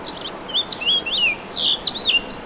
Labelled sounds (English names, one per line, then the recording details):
House Finch song
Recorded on Long Island, New York, on 2 June 2012
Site CP
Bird B